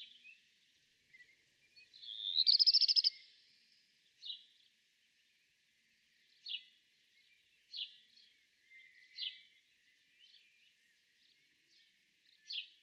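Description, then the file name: Black redstart song with a loud, crackling, buzzy burst near the start, followed by brief high notes repeated roughly every one to two seconds. "kopciuszek peter boesman. zwarte roodstaart. zang"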